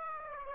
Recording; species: mosquito wingbeat signal from an infrared sensor; Aedes aegypti